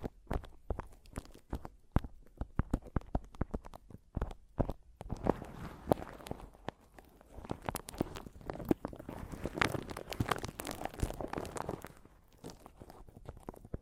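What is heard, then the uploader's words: Mic tapping and scratching: sharp, crunchy taps land quickly and irregularly through the opening seconds. From about five seconds the sounds thicken into denser, bright scratching and rustling with crinkly texture, easing off again near the end. ASMR Mic Tapping and Scratching (No Talking).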